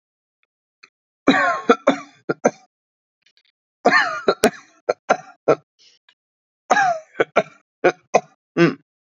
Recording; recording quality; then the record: heavy voluntary cough; excellent, no background noise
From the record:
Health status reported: exposed to COVID-19, no respiratory illness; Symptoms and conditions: none ticked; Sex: male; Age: 26 years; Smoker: yes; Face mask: not worn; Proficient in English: yes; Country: India